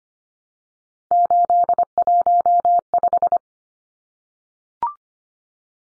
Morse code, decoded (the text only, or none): 815